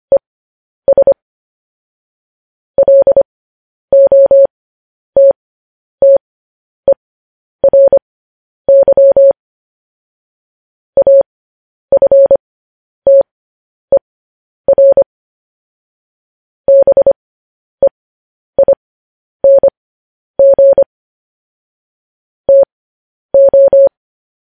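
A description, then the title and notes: Morse code tones beep at a single steady mid pitch, a mix of short dots and longer dashes grouped into letters with clear gaps between. The keying runs throughout the clip at a moderate, even pace over complete silence, clean. Morse code.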